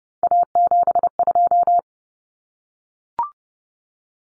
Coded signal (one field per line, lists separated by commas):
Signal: Morse code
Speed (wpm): 30 wpm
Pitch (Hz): 700 Hz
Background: none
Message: A72